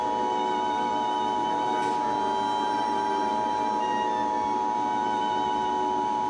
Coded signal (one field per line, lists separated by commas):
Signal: Emergency Alert System (SAME) tones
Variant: 853 and 960 Hz attention tone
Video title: AM/FM EAS #379-380: Severe Thunderstorm Warning.